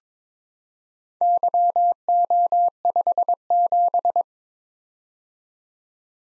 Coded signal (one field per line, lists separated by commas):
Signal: Morse code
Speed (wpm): 22 wpm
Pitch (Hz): 700 Hz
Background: none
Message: YO57